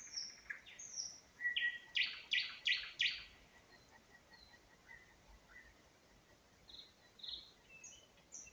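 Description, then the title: Nightingale song: a rising whistle leading into several loud repeated churring notes, followed by softer song. Singing in spring near Huncha, Vinnytsia Oblast, Ukraine. "Unnamed Road, Гунча, Вінницька область, Україна, 23724-Spring, nightingale singing"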